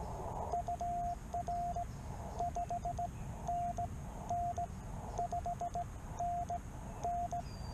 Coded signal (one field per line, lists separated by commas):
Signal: Morse code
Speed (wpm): 16 wpm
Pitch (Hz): 700 Hz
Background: radio noise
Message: UR 5NN 5NN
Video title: My 1st Solo Pota Activation. Parks on the Air, CW from K-2943